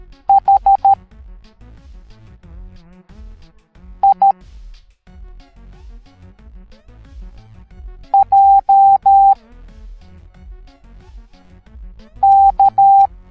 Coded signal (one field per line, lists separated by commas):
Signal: Morse code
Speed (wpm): 13 wpm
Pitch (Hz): 790 Hz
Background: music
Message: H I J K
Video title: Pacman Ghosts Teaching the Morse Code Alphabet Educational Video for Kids